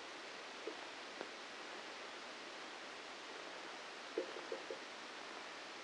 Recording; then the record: brain microelectrode recording played as sound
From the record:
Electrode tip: inside the subthalamic nucleus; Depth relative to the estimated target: -1 mm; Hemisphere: left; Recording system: NeuroSet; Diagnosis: Parkinson's disease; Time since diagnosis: 8 years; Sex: male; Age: 59 years